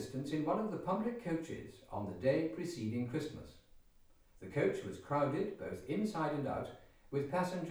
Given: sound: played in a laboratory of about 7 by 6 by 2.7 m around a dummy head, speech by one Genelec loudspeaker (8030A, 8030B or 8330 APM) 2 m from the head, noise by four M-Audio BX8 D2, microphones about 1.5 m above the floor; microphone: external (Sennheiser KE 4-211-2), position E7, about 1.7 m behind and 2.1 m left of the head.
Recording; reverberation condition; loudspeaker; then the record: male speech in English; medium; 60 degrees to the right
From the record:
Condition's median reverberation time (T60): about 510 ms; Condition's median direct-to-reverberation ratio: about -0.5 dB